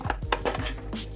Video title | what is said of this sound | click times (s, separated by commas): Aputure Amaran F21X Bi-Colour LED Flexible Mat - Unboxing & Review With Godox FL150R Comparison | and that clicks into place | 0.3 s